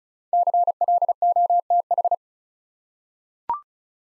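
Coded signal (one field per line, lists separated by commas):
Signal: Morse code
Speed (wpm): 36 wpm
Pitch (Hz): 700 Hz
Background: none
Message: CLOTH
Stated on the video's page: Morse practice sending 5-letter words at 35 wpm, each word sent twice for head-copy training.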